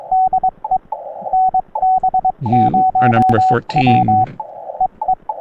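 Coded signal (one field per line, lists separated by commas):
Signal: Morse code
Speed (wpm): 22 wpm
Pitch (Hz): 750 Hz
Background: speech, radio noise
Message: DE NB0W EE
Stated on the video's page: CW Parks on the Air activation on 20m using a Xiegu G90, a 17-foot vertical whip, a solid state dual paddle and a memory keyer, with hunters calling.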